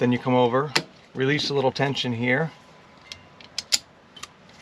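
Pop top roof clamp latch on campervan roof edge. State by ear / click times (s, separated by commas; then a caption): seated / 3.6 s, 3.7 s. Someone talks for the first 2.5 seconds, then small clicks come from the over-center clamp latches on the lowered pop top roof edge of a Roadtrek Zion Slumber campervan as they are snapped shut after a little tension is released. The latches click closed and seat at 3.6 and 3.7 seconds, with a few softer ratchet-like ticks around them.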